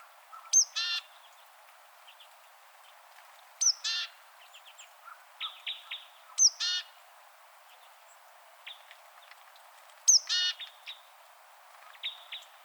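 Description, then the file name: Great tit calls: four groups, each a sharp high note and a rasping buzzy churr, repeated about every three seconds, with softer chirps between. "Parus major"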